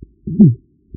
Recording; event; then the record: neck accelerometer signal played as sound; voluntary cough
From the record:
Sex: female